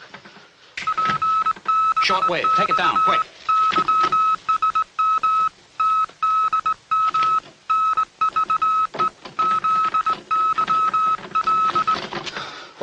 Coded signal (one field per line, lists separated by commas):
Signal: Morse code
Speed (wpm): 20 wpm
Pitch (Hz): 1290 Hz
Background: speech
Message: PBX YSM TDM NVE ZYL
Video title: MORSE CODE! DIT DIT DAA DIT DAA.